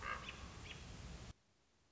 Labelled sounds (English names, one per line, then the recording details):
Common Raven
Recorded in Sonoma County, California